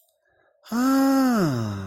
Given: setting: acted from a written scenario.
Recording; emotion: vocal sound without words; adoration